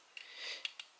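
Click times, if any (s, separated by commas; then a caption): 0.7 s. A small plastic winglet is fixed onto the wing of a Boeing 737-800 Transavia airliner model, with a soft rustle and brief sharp clicks. The winglet snaps into place at 0.6 s, seated.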